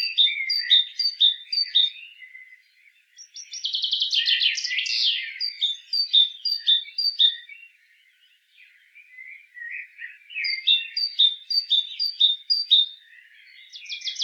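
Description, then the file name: Great tit calls: bright two-note chips repeated rapidly in bursts, broken by a rasping buzzy churr, with softer twittering between the series. "Parus major"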